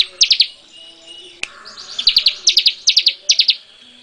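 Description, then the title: Bar-winged prinia calling in quick bursts of three or four high, sharp chirps, repeated with short pauses after one long gap with a single click in it. "Suara Burung Ciblek"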